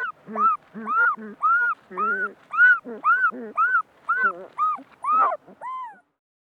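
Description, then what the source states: Dog whines: a steady run of arched, rising-then-falling whimpers about twice a second, some with a low nasal undertone. Puppies whining and whimpering.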